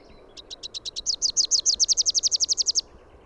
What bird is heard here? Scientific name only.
Basileuterus rufifrons